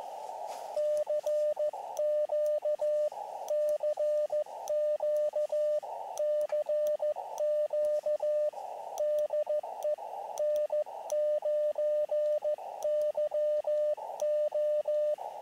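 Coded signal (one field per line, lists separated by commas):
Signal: Morse code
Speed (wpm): 14 wpm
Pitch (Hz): 600 Hz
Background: radio noise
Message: CQ CQ CQ DE N9YO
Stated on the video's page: QRP CW contacts from a lakeside campsite on an Elecraft KX2 with an end-fed antenna in a tree.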